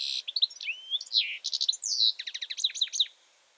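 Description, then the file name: European goldfinch song: a fast, tinkling jumble of high twitters, slurred whistles and buzzy trills, ending after about three seconds. "Carduelis carduelis"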